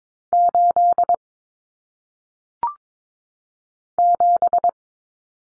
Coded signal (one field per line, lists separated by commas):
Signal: Morse code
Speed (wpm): 22 wpm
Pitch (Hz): 700 Hz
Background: none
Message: 8 7